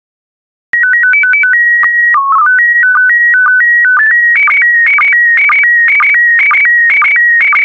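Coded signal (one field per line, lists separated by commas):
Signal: SSTV (slow-scan television)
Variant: PD 120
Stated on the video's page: PD120 SSTV test images made for decoding practice.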